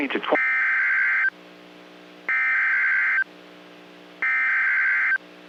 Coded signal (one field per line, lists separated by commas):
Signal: Emergency Alert System (SAME) tones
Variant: header bursts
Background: speech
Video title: EAS Compilation, Severe Weather Outbreak: March 21, 2022 on NOAA Weather Radio Station KEC55